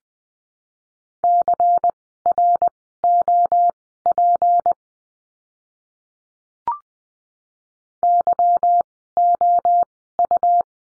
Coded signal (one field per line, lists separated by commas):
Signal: Morse code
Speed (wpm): 20 wpm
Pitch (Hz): 700 Hz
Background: none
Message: CROP YOU